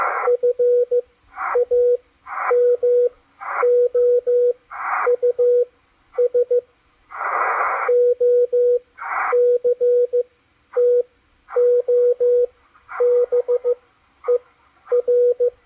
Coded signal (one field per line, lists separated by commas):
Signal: Morse code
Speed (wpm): 15 wpm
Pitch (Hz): 490 Hz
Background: radio noise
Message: FAMOUS OCTOBER